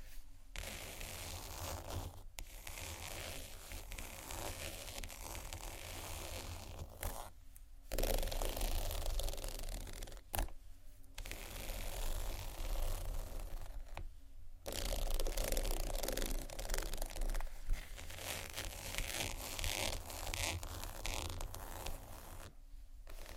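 Textured bags being scratched and tapped, a dense, rustling scrape that runs almost continuously with brief silent gaps near 2, 7.5, 10.5, 14.5 and 22.5 seconds. The scratching gets louder and brighter after about 8 seconds, with a steady low hum underneath.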